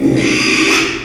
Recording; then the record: squeal of a Yucatan mini pig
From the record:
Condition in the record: after surgery on the right vocal fold (resection and tissue-engineered implant); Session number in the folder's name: 1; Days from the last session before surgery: 6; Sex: male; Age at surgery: 12 weeks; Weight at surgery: 13 kg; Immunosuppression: cyclosporine, prednisolone